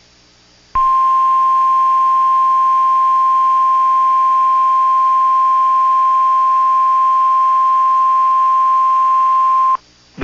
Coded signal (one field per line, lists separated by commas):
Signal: Emergency Alert System (SAME) tones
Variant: 1050 Hz attention tone